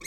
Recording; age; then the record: pig call; weaner (32 to 43 days)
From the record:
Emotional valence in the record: negative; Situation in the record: novel object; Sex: female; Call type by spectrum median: high-frequency call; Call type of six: high-frequency stable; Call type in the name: high-frequency stable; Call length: 0.08 s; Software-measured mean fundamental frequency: 449 Hz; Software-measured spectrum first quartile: 2034 Hz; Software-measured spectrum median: 4167 Hz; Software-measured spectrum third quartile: 6939 Hz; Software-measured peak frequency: 2213 Hz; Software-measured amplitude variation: 156 dB a second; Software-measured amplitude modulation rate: 6.4 a second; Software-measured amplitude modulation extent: 24.2 dB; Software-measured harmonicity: 8.1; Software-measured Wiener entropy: -2.86